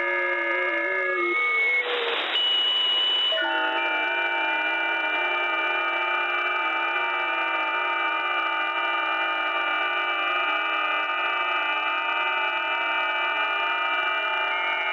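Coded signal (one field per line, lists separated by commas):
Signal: FT8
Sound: several overlapping faint warbling tones, slowly stepping in pitch, with a short hiss burst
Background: radio static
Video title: RK5A002SWL - Receiving FT8 signals 28MHz - JTDX+WebSDR [SWL]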